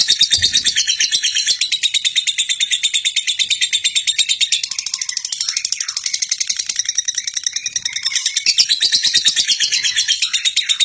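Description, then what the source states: Lovebird song: a long, unbroken stream of shrill, high chattering and squeaky twitters, pulsing rapidly several times a second, with a few lower slurred notes midway. Contest champion lovebird (Indonesian 'juara').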